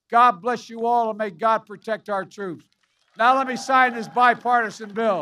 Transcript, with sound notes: God bless you all, and may God protect our troops. (Applause.) Now let me sign this bipartisan bill.